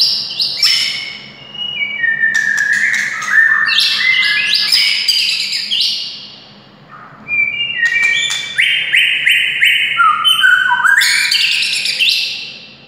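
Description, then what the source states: White-rumped shama singing loud, varied whistles, bright stepped notes and rapid clicks in long phrases, with a brief lull midway; low hum in the background. Wild, native forest bird.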